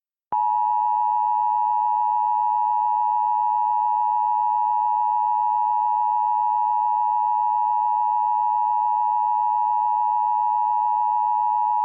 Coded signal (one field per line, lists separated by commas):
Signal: Emergency Alert System (SAME) tones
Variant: 853 and 960 Hz attention tone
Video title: Exploding Arcade Cabinets (EAS Scenario)